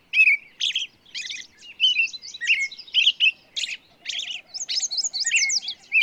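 Bird song of busy, varied chirps and twittering notes, with a faint low wavering trill underneath in the second half.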